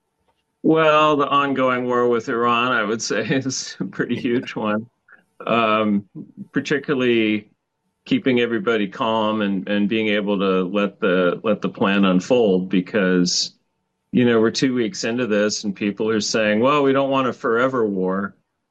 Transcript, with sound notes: Well, the ongoing war with Iran, I would say (laughs) is a pretty huge one. Um, particularly keeping everybody calm and, and being able to let the, let the plan unfold because, you know, we're two weeks into this and people are saying, "Well, we don't want a forever war."